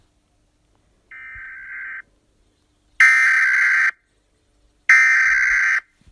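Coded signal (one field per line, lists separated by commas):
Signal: Emergency Alert System (SAME) tones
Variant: header bursts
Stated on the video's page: Fictional scenario, not a real alert.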